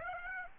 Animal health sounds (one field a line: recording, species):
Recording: mosquito wingbeat signal from an infrared sensor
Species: Aedes aegypti